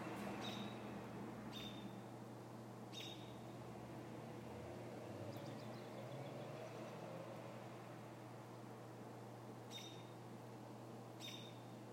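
American robin giving a few short, sharp, high call notes at irregular intervals over a constant low hum.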